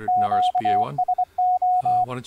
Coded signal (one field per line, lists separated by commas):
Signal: Morse code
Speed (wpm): 24 wpm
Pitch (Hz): 730 Hz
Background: speech, radio noise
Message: QSO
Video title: RS BA1 CW Mode Demo